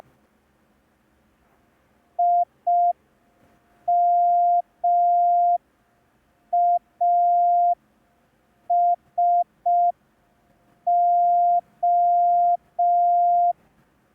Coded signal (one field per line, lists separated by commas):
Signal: Morse code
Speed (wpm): 5 wpm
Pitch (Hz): 700 Hz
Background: none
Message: IMASO